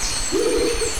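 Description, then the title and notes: Rufous motmot giving a low, hollow hoot that quavers slightly, with insects humming steadily in the background. Duet; recorded 1998 near Lake Arenal dam, forest edge at dawn; crickets and forest ambience in background. "Dúo de Baryphthengus martii (Pájaro Bobo). Grabado en 1998 cerca de la represa del lago Arenal"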